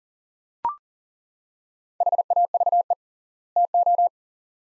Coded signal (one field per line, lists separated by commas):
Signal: Morse code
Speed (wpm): 38 wpm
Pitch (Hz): 700 Hz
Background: none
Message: HAVE TO